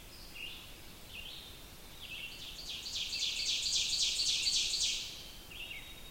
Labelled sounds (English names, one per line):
Ovenbird song